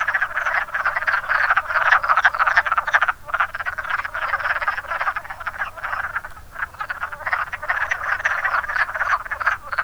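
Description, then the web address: Dense wood frog chorus of harsh, clucking croaks, briefly dipping twice before resuming at full intensity. "zoology woodfrog"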